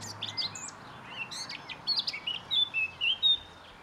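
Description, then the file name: Eurasian blackcap song opening with soft scratchy twittering, then rising into a series of loud, pure fluted whistles in the final second and a half. "Sylvia atricapilla"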